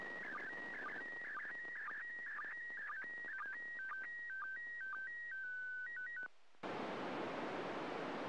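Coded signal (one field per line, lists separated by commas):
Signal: SSTV (slow-scan television)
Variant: PD120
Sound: warbling, stepping tone around 2 kHz with short dips, then sudden loud static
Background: radio static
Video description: Transmissions should be on the standard frequency of 145.800 MHz and in the PD 120 format.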